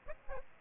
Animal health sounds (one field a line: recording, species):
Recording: mosquito wingbeat signal from an infrared sensor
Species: Aedes aegypti